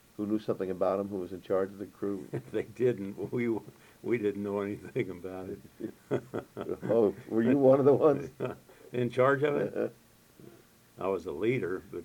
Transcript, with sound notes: who knew something about them, that was in charge of the crew?
They didn’t. We didn’t know anything about it. (laughs)
Were you one of the ones?
In charge of it? I was the leader, but